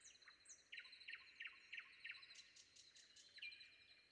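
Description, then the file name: Common nightingale song: a series of five loud repeated notes, then a quick flourish and a long thin whistle, over a constant high-pitched buzz. Recorded before dawn. "predawn nightingale"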